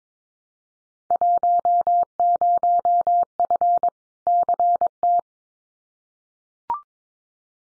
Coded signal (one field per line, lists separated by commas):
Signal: Morse code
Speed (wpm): 22 wpm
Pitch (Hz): 700 Hz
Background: none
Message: 10F CT